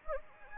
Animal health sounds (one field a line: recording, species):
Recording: mosquito wingbeat signal from an infrared sensor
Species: Anopheles gambiae